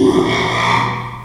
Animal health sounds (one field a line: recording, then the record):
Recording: squeal of a Yucatan mini pig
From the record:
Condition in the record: after surgery on the right vocal fold (resection and tissue-engineered implant)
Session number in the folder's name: 1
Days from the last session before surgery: 6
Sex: male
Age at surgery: 12 weeks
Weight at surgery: 13 kg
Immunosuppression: cyclosporine, prednisolone